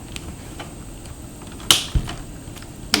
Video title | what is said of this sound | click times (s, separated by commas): Laptop Screen replacement/How to replace laptop screen DELL INSPIRON 15 3552 (15.6" screen) | can hear the snap let's go | 1.7 s, 2.9 s